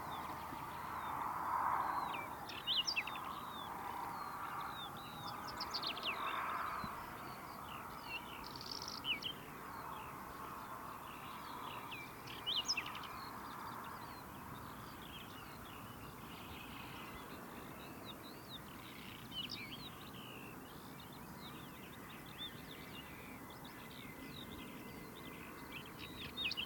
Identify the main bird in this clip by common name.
Whinchat